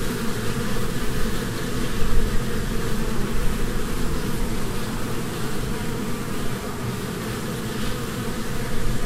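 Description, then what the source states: Honey bees droning together in a low, unbroken hum with small surges in loudness. Humming of a swarm from a beehive.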